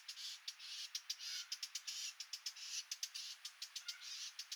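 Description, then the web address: Eurasian blackcap giving many hard ticking calls in rapid, uneven runs, over a steady high-pitched hiss. "SETE data Sylvia atricapilla"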